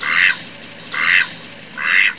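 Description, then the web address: Duck quacking: three harsh, raspy quacks evenly spaced about a second apart over a low steady background hiss. "BBCMM 003. QDUCK 2"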